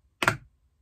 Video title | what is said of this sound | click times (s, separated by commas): Batman Returns 4K Blu-Ray Unboxing | and we'll open it you got to hear that snap | 0.2 s, 0.3 s